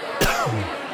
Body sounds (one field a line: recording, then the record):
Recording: coughing mixed with background sound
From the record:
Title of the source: Coughing 51